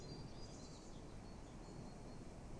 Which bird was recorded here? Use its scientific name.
Parus major